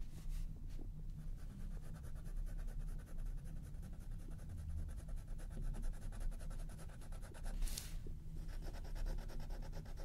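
Colouring pencil strokes scratch steadily across paper in fast, closely packed repetitions with a rough, breathy texture. A low rumble runs underneath the whole time. Near the eight-second mark a brighter, hissing scrape stands out briefly before the strokes continue.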